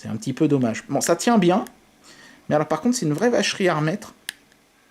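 Someone talks while handling a small detachable plastic cover, working to press it back onto a credit-card-sized mobile phone, which takes some force. A brief sharp tick is heard near 4.3 s, but the cover has not yet clipped into place; nothing has seated.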